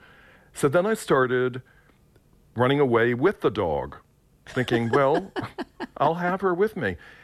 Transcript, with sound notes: So then I started running away with the dog, thinking, well...
(Laughter).
...I'll have her with me.